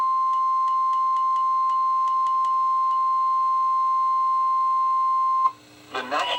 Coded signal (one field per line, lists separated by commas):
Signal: Emergency Alert System (SAME) tones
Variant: 1050 Hz attention tone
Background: speech